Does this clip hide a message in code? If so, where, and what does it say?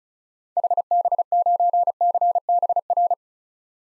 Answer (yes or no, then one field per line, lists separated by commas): yes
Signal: Morse code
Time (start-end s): 0.6-3.1 s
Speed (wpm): 36 wpm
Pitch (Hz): 700 Hz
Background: none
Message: HB9CBR